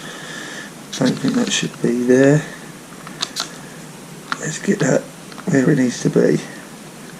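Someone talks while handling a contact breaker/condenser part in the distributor base plate of a Birchwood 22's Sea Wolf engine during a condenser and contact change, repositioning it after it was not sitting properly. Brief handling ticks come around 3.1–3.4 s. Nothing has seated or clicked yet.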